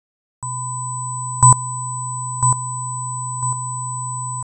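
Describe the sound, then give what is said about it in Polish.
A steady electronic test signal at -18 dB hums throughout while three short copies of it pop out above at 0, -6 and -12 dB, at even intervals, each quieter than the last, in a dynamics test of audio equipment. “18 dB jest przedzielony 3 krótkimi kopiami tego sygnału o poziomach 0, minus 6 i minus 12 dB.”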